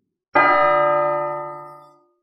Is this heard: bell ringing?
yes